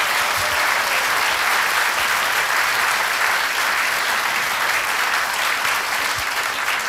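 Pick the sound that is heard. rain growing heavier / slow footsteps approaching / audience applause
audience applause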